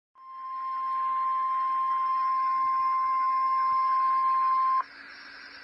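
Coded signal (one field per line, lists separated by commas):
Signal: Emergency Alert System (SAME) tones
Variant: 1050 Hz attention tone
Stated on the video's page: Real NOAA Weather Radio alerts from the Wakefield, Virginia office, captured from an online weather radio stream.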